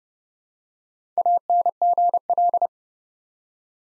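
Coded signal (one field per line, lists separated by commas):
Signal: Morse code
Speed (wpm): 30 wpm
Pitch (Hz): 700 Hz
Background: none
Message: ANGL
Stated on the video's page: Morse practice at 30 wpm, building 5-letter words one letter at a time for beginners working on instant character recognition.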